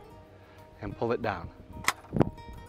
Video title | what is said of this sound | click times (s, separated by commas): Gulfstream BTuring Cruiser 101 Outside | you'll hear it click at that point in time it is now released | 1.9 s, 2.2 s